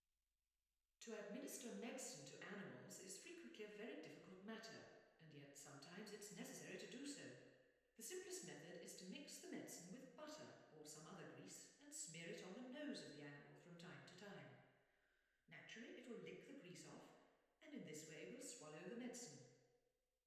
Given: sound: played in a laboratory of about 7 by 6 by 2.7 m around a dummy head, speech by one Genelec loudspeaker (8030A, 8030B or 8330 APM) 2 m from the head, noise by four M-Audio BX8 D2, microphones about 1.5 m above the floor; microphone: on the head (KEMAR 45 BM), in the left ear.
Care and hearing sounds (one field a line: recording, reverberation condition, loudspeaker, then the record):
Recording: female speech in English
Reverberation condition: high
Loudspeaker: in front (0 degrees)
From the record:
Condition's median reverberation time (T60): about 1300 ms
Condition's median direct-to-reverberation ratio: about -4.0 dB